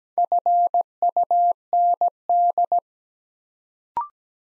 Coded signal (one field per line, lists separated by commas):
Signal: Morse code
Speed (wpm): 17 wpm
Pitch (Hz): 700 Hz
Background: none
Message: FUND